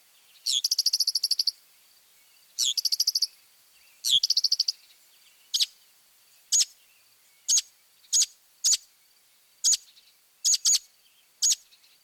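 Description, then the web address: Northern mockingbird song opening with three rapid buzzy trills, then a series of sharp, high single notes. Mimicry. "Birding by Ear, Eastern and Central North America - Peterson Guides. Northern Mockingbird"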